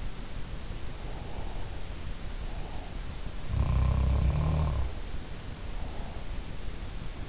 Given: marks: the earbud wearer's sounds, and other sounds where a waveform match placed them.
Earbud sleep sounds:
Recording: sounds in sleep by an in-ear microphone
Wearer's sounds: breath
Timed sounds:
1.03-1.79 s: breath
3.50-4.97 s: sound from someone else or the room

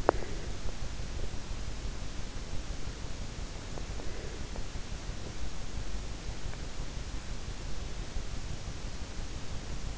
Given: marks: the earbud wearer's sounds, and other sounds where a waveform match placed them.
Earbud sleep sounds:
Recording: sounds in sleep by an in-ear microphone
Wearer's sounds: teeth grinding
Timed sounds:
0.00-0.33 s: teeth grinding

